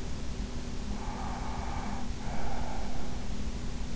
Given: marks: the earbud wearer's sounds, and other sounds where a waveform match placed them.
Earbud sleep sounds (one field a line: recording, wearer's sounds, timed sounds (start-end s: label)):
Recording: sounds in sleep by an in-ear microphone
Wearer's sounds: breath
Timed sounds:
0.83-3.19 s: breath